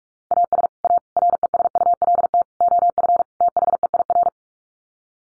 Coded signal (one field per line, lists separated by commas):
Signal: Morse code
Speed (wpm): 44 wpm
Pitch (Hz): 700 Hz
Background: none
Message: AS A RESULT OF THEIR